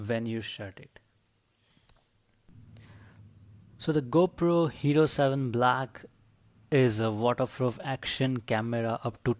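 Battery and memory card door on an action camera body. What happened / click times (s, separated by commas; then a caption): The small plastic door latched shut / 2.8 s. A plastic battery and memory card door on a GoPro Hero 7 Black action camera is shut after a memory card is slid in, giving a few small taps and a sharp click at 2.8 s as the door latches closed. Someone talks before and after the click.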